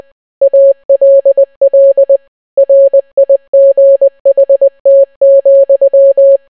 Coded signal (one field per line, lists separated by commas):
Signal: Morse code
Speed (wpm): 20 wpm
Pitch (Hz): 550 Hz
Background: none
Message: ALL RIGHT,